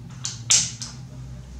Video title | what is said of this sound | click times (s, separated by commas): rifle pcp p10 bullpup cal 5,5 y 6,35 review completo y agrupaciones | Entonces, lo que hay que tratar de hacer es cuando escuchemos el clic, el | 0.5 s